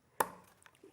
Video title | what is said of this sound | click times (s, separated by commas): HM Live 07/11/2024 - Lia Griffith, Hunkydory, Janie's Originals & Spellbinders | it's gone in yeah satisfying click and there so that's that's that | 0.2 s